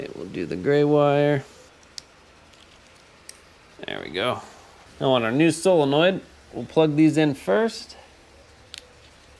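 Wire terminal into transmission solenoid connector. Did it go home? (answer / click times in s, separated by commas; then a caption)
yes / 8.7 s. Someone talks while a wire terminal is plugged into the plastic connector of a new transmission solenoid on a 2013-2019 Subaru Outback, after a gray wire is handled. A single sharp tick at 8.7 s marks the terminal clicking into the connector, and it is confirmed seated.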